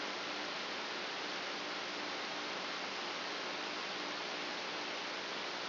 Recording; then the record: brain microelectrode recording played as sound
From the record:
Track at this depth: outside the subthalamic nucleus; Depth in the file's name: 8.428 mm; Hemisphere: left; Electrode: 2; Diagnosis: Parkinson's disease